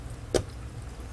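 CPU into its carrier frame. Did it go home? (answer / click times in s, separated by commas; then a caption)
yes / 0.4 s. A Threadripper CPU is slid into its plastic carrier frame, and a single short, sharp click is heard at 0.4 s. The CPU is seated in the carrier frame.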